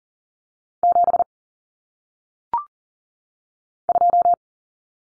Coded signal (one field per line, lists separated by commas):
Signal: Morse code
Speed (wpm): 40 wpm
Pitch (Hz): 700 Hz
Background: none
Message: 7 2